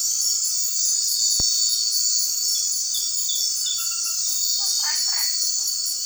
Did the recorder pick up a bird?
no